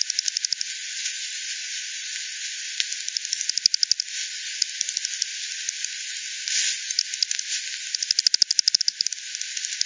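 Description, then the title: Bat echolocation calls: bursts of quick ticking clicks, starting and stopping, with a louder rattling run near the end over a soft hiss. Multiple bats at Hogsmill River, Hogsmill Lane, recorded 7 October 2020 at 18:10; frequency-divided by ten, bandpass filtered and resampled. "bat 20201007 T 18 : 10 Z-Hogsmill-Lane-Hogsmill-River-multiple-bats-FD 10"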